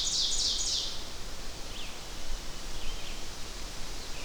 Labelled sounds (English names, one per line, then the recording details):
Red-eyed Vireo song
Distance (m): 70 m
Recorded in boreal forest in Alberta, Canada, on 12 June 2016 at 07:31
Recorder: SongMeter 3, array SBT-3-18
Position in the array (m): 205 m, 111 m